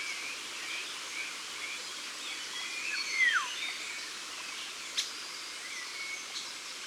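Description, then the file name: Eurasian golden oriole song: one soft, downward-sliding whistle midway through, surrounded by hiss and a few faint high chirps. Ardèche, France. "Loriot d Europe Concerts Naturels De l Ardeche"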